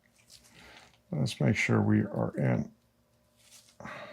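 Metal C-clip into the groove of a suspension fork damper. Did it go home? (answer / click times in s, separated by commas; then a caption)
yes / 3.8 s. Someone talks, then a cleaned metal C-clip (circlip) is walked into its groove in the damper of a 2016 FOX Performance Float 34 FIT4 suspension fork. After an earlier attempt gave no audible snap, a small snap is heard at 3.8 s as the clip seats in the groove.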